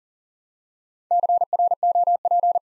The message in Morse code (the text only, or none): CROP